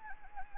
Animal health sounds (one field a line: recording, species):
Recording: mosquito wingbeat signal from an infrared sensor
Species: Anopheles gambiae